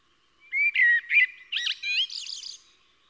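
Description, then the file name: Eurasian blackbird singing one phrase: a few low, mellow fluted notes, then a higher, thinner twittering flourish at the end. Background quiet. "Koltrast"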